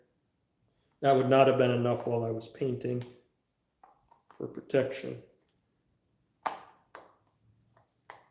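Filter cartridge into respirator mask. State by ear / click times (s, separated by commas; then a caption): seated / 6.5 s, 6.9 s, 8.1 s. Filter cartridges are twisted and seated onto a paint respirator mask after someone talks, producing sharp clicks at 6.5, 7.0 and 8.1 seconds. The cartridges end up locked into place.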